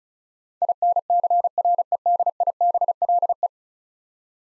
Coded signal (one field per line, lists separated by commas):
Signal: Morse code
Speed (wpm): 36 wpm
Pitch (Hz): 700 Hz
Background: none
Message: INCREDIBLE